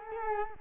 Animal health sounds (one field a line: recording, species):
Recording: mosquito wingbeat signal from an infrared sensor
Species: Culex quinquefasciatus